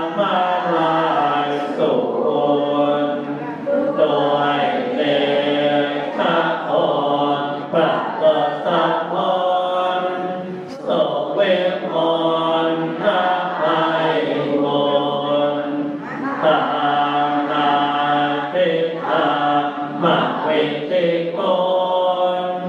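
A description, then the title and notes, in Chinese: Temple chanting in Bangkok: many low voices intone together in a steady, dense drone, with rhythmic syllables and brief dips near 4, 11 and 16 seconds. 片段三：20180122，曼谷金佛寺诵经。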